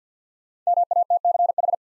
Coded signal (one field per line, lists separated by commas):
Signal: Morse code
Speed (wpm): 49 wpm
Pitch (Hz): 700 Hz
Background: none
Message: MATCH